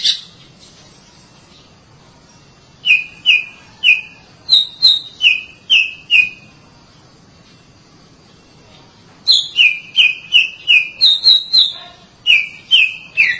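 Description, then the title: Oriental magpie-robin song: series of clear down-slurred whistles repeated rhythmically in two long runs, with a quiet pause between them. "Suara Kicauan Burung Kacer"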